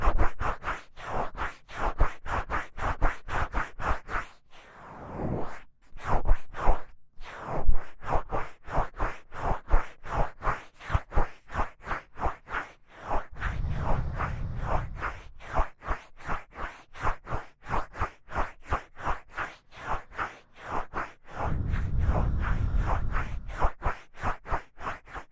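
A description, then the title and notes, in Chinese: Ear massage, rubbing against the ear in quick, regular strokes that give a dense run of soft scratchy swishes, several per second, through most of the clip. A brief pause comes near six seconds, and around fourteen and twenty-two seconds a deeper, rumbling rub swells underneath. ASMR×KU100 | 搓耳朵!!我搓搓搓。Ear Massage | NO Talking。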